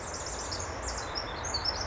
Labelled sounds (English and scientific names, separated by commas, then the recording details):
Pacific Wren (Troglodytes pacificus)
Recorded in Sonoma County, California